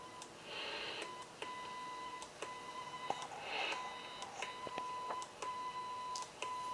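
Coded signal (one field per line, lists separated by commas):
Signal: radio time signal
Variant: WWVB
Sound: steady buzzy 1 kHz tone that cuts out briefly about every second, with bursts of hiss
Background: room noise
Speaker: I set up this communication service monitor to receive the 60 kilohertz signal and used a coil of wire for an antenna you can see and hear the signal now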